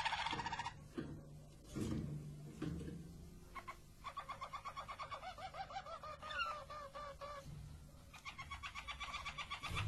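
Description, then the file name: Canary song, rolling tours and pulsed looped trills, with a few sharp knocks and rustling noises near the start. Belgian Harz Roller canary song. "canto do canario belga harz roller"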